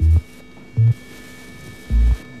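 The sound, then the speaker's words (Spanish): An alarm clock going off at 7:00 a.m. as three loud, low-pitched buzzing bursts, each lasting a fraction of a second and separated by uneven pauses, with a faint steady hum underneath and no talking. “Suena el despertador.”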